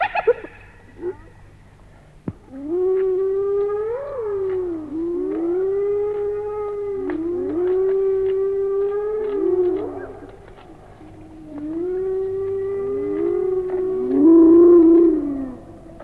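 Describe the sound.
Hyena giving a series of long, steady howling whoops, each bending up or down at the end, following one another every couple of seconds.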